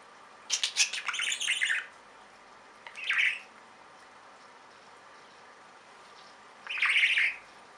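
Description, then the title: Budgerigar calls: three harsh, buzzy squawks, the first longer and broken into pulses, spaced two to four seconds apart over steady background hiss. "Budgie Sounds"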